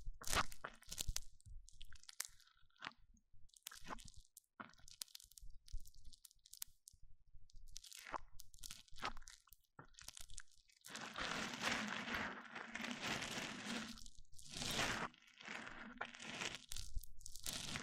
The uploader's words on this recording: ASMR MIC ON MIC Triggers Richer Sounds, Intense Tingles! (No Talking).